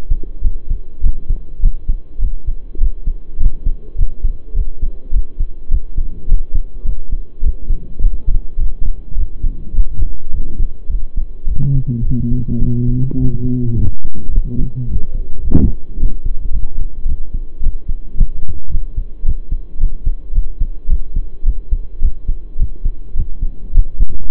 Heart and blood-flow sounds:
heart sounds by stethoscope; between the tricuspid and mitral areas; 106 bpm
0.43 s: heartbeat
1.02 s: heartbeat
1.61 s: heartbeat
2.20 s: heartbeat
2.79 s: heartbeat
3.39 s: heartbeat
3.96 s: heartbeat
4.54 s: heartbeat
5.12 s: heartbeat
5.69 s: heartbeat
6.27 s: heartbeat
6.84 s: heartbeat
7.42 s: heartbeat
8.00 s: heartbeat
8.57 s: heartbeat
9.15 s: heartbeat
9.74 s: heartbeat
10.32 s: heartbeat
10.89 s: heartbeat
11.46 s: heartbeat
12.03 s: heartbeat
12.60 s: heartbeat
13.17 s: heartbeat
13.74 s: heartbeat
14.31 s: heartbeat
14.87 s: heartbeat
15.42 s: heartbeat
15.98 s: heartbeat
16.52 s: heartbeat
17.06 s: heartbeat
17.61 s: heartbeat
18.16 s: heartbeat
18.70 s: heartbeat
19.24 s: heartbeat
19.79 s: heartbeat
20.33 s: heartbeat
20.88 s: heartbeat
21.44 s: heartbeat
22.01 s: heartbeat
22.58 s: heartbeat
23.15 s: heartbeat
23.73 s: heartbeat
24.30 s: heartbeat
From the record:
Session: pedaling a stationary bicycle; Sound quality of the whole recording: saturated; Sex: male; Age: 23 years

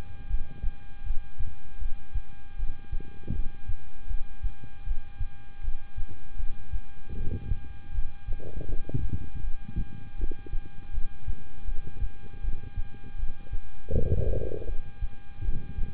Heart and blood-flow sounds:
heart sounds by stethoscope; between the tricuspid and mitral areas; 79 bpm
0.28 s: heartbeat
1.04 s: heartbeat
1.79 s: heartbeat
2.57 s: heartbeat
3.33 s: heartbeat
4.08 s: heartbeat
4.84 s: heartbeat
5.62 s: heartbeat
6.37 s: heartbeat
7.15 s: heartbeat
7.92 s: heartbeat
8.66 s: heartbeat
9.41 s: heartbeat
10.17 s: heartbeat
10.91 s: heartbeat
11.65 s: heartbeat
12.41 s: heartbeat
13.17 s: heartbeat
13.91 s: heartbeat
14.66 s: heartbeat
15.42 s: heartbeat
From the record:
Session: rest, lying down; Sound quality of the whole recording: good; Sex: male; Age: 26 years

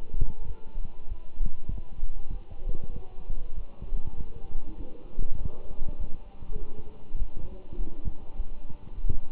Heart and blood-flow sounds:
heart sounds by stethoscope; between the tricuspid and mitral areas; 99 bpm
0.47 s: heartbeat
1.09 s: heartbeat
1.71 s: heartbeat
2.32 s: heartbeat
2.93 s: heartbeat
3.56 s: heartbeat
4.17 s: heartbeat
4.77 s: heartbeat
5.38 s: heartbeat
5.98 s: heartbeat
6.59 s: heartbeat
7.18 s: heartbeat
7.78 s: heartbeat
8.37 s: heartbeat
8.96 s: heartbeat
From the record:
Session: walking at 3.7 km/h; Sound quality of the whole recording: good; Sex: male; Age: 24 years

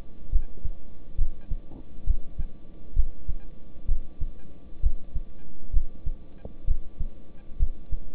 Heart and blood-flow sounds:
heart sounds by stethoscope; between the tricuspid and mitral areas; 66 bpm
0.30 s: heartbeat
1.16 s: heartbeat
2.04 s: heartbeat
2.94 s: heartbeat
3.86 s: heartbeat
4.80 s: heartbeat
5.71 s: heartbeat
6.65 s: heartbeat
7.57 s: heartbeat
From the record:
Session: rest, lying down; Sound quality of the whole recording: good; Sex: male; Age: 26 years

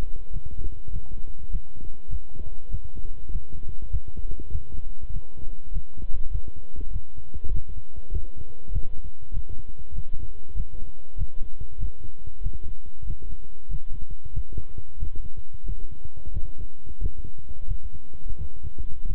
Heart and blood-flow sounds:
heart sounds by stethoscope; between the tricuspid and mitral areas; 96 bpm
0.31 s: heartbeat
0.91 s: heartbeat
1.50 s: heartbeat
2.08 s: heartbeat
2.69 s: heartbeat
3.30 s: heartbeat
3.90 s: heartbeat
4.50 s: heartbeat
5.11 s: heartbeat
5.71 s: heartbeat
6.30 s: heartbeat
6.91 s: heartbeat
7.51 s: heartbeat
8.11 s: heartbeat
8.71 s: heartbeat
9.32 s: heartbeat
9.93 s: heartbeat
10.55 s: heartbeat
11.16 s: heartbeat
11.78 s: heartbeat
12.41 s: heartbeat
13.05 s: heartbeat
13.69 s: heartbeat
14.32 s: heartbeat
14.98 s: heartbeat
15.64 s: heartbeat
16.31 s: heartbeat
16.99 s: heartbeat
17.66 s: heartbeat
18.36 s: heartbeat
19.06 s: heartbeat
From the record:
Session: walking at 3.7 km/h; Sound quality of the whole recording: good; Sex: male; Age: 26 years

